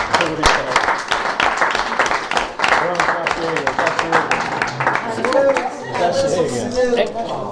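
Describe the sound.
A round of applause from a group, dense irregular clapping at steady volume that thins out near the end as voices begin talking over it.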